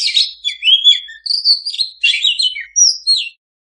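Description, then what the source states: Oriental magpie-robin song, a brief burst of sweet slurred whistles and chattering notes that stops after about three seconds. Singing kacer (Oriental magpie-robin) in gacor full-song condition; master recording meant for owners of kacer that do not sing.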